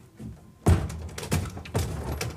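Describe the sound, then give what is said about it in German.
After a moment of near silence, a door in a dark building opens with a heavy low clunk, followed by a few softer knocks and rattles as it swings and is handled. “Und mach die Tür doch am Ende auf.”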